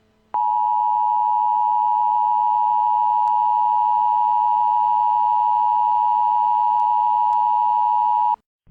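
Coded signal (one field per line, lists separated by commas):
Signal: Emergency Alert System (SAME) tones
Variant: 853 and 960 Hz attention tone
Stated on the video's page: Mock (simulated) Required Monthly Test.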